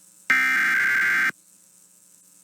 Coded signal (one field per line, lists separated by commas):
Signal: Emergency Alert System (SAME) tones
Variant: header bursts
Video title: Mid Morning FWD SVRs (EAS #19429-19430) 6/11/24